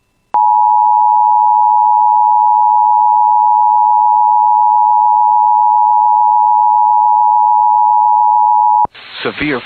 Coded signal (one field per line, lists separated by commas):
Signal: Emergency Alert System (SAME) tones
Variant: 853 and 960 Hz attention tone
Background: speech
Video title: [EAS] Severe Thunderstorm Watch Expansion to Include Bemidji Area (6/10/26)